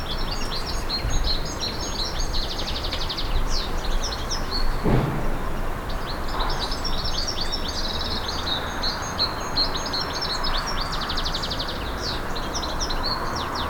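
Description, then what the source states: Garden birds: busy chatter of rapid trilled and chirped phrases, with a soft whoosh and a broad low rumble beneath. Garden birds in a countryside air ambience.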